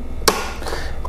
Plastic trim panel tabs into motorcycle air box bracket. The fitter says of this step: and they'll both snap in place if you have it on correctly it should look just like this once it's done